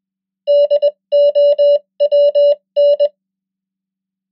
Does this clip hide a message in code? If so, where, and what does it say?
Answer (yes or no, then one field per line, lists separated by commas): yes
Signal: Morse code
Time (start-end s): 0.5-3.1 s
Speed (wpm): 21 wpm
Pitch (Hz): 580 Hz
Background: none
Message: DOWN